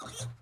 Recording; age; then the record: pig call; piglet (1 to 25 days)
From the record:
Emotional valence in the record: negative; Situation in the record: long isolation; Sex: female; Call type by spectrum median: low-frequency call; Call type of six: mixed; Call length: 0.42 s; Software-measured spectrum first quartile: 310 Hz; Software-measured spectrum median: 1707 Hz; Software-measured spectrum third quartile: 6029 Hz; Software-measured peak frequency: 115 Hz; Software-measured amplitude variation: 121 dB a second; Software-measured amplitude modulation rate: 16.6 a second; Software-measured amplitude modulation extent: 7.3 dB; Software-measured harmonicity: 3.4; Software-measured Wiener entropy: -3.13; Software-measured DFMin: 819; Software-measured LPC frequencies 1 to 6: 1292, 3319, 3750, 5903, 8722, 9486 Hz